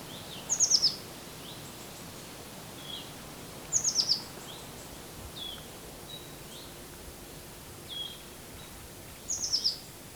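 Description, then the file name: Eurasian blue tit calls: short runs of four or five very high, thin notes stepping downward, given three times a few seconds apart over steady background hiss. "Cyanistes caeruleus"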